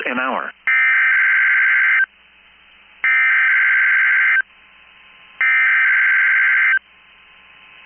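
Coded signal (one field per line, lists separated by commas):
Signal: Emergency Alert System (SAME) tones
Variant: header bursts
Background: speech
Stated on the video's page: Required weekly test heard via a web stream.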